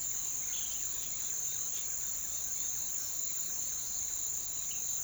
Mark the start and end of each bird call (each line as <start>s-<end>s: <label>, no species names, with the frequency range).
0.33s-2.06s: bird call (1.4-4.7 kHz)